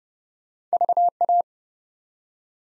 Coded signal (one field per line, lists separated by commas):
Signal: Morse code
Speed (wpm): 29 wpm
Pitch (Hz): 700 Hz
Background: none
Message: VA